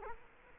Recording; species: mosquito wingbeat signal from an infrared sensor; Culex quinquefasciatus